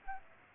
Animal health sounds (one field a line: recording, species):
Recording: mosquito wingbeat signal from an infrared sensor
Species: Aedes aegypti